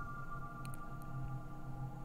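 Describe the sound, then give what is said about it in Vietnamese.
A small bell hung at the front gate of a house tinkles in three quick, high, light strikes as a middle-aged person opens the gate, over a steady low hum, with no one speaking. “Tiếng chuông nhỏ được treo lên trước cổng nhà chị Liên rung lên một hồi, phá vỡ sự suy luận ở trong đầu.”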